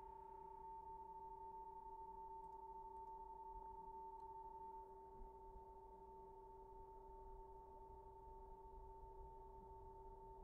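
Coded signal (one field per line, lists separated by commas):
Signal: PSK31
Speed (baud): 31.25 baud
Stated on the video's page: Signals received on VHF from the International Space Station and on shortwave bands.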